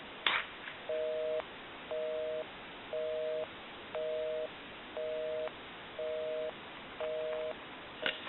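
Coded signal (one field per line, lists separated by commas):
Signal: telephone call progress tone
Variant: North America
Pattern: busy tone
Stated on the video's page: Call progress tone on a Kellogg Red Bar rotary telephone during initial checkout and repair.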